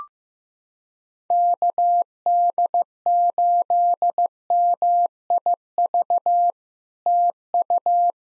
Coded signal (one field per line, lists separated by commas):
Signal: Morse code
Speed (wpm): 16 wpm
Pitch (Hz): 700 Hz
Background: none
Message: KD8MIV TU